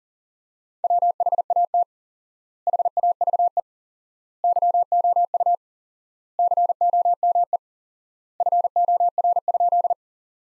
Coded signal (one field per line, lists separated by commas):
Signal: Morse code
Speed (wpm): 40 wpm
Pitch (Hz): 700 Hz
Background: none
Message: WHAT HAVE YOU COME FOR?